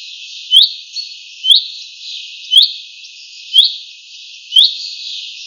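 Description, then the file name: Common chaffinch calls, five brief rising notes spaced about a second apart, loud and even over low background hiss. "Fringilla coelebs"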